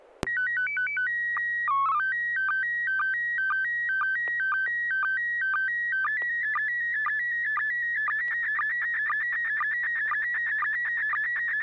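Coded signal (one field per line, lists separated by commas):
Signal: SSTV (slow-scan television)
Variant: PD 120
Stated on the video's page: SSTV net on a 441.300 MHz FM repeater, 9 pm Wednesdays Pacific Time, using MMSSTV software.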